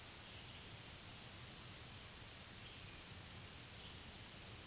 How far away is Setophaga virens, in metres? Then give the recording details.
about 50 m. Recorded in a Pennsylvania forest on 1 June 2023 at 07:02. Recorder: AudioMoth, point grid3_27_high. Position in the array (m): 124 m, 112 m